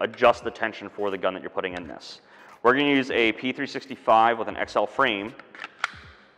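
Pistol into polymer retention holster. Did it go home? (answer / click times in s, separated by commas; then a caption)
yes / 5.8 s. A P365 pistol with an XL frame is pushed into a polymer retention holster with four adjustable tension screws while someone talks. A sharp click at 5.8 s, after a smaller transient at 5.6 s, marks the retention locking and the pistol seating in place.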